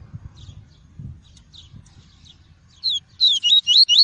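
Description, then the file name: Double-collared seedeater song: after faint chatter, a fast burst of high, sweet whistled notes sliding up and down, about five phrases in the final second and a half. Song of the "tui-tui" variety. "canto do papa capim tui tui"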